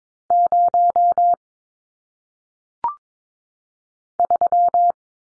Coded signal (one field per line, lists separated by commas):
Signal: Morse code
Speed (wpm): 22 wpm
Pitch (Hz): 700 Hz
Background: none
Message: 0 3